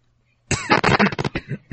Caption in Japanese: 急性扁桃炎で。病気。病気だったし、10日間薬を飲み続けてたし。 めっちゃ咳出してるさ。